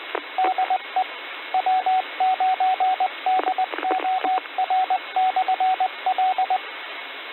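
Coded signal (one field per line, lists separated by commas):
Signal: Morse code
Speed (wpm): 20 wpm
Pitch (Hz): 750 Hz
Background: radio noise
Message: DE W9DOR/L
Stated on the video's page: Received about 50 miles from a 147.210 MHz repeater (107.2 Hz PL) on an RTL-SDR with an old fan dipole in inverted V; static from receiving limits.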